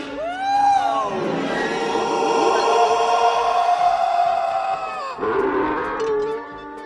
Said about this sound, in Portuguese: Eles mudaram os gritos ali do Obi-Wan. Ficou horrível